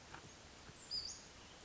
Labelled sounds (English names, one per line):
Western Flycatcher